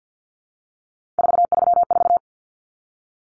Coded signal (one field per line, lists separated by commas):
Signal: Morse code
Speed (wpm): 50 wpm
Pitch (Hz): 700 Hz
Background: none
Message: 434